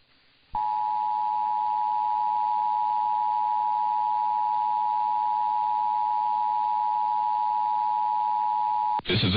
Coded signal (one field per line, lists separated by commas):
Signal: Emergency Alert System (SAME) tones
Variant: 853 and 960 Hz attention tone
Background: speech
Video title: [EAS #1634] Idaho Statewide Required Monthly Test